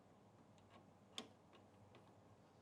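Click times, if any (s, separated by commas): none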